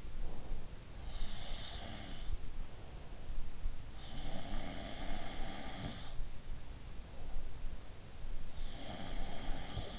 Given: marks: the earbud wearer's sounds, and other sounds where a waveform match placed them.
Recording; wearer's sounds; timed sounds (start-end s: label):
sounds in sleep by an in-ear microphone; breath
0.00-0.82 s: breath
0.99-3.22 s: sound from someone else or the room
3.85-6.26 s: sound from someone else or the room
8.56-9.99 s: sound from someone else or the room